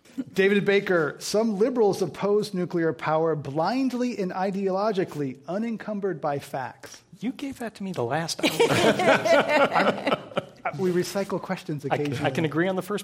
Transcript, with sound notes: David Baker, some liberals oppose nuclear power blindly and ideologically unencumbered by facts?
You gave that to me the last time we’re here.
[Laughter]
We recycle questions occasionally.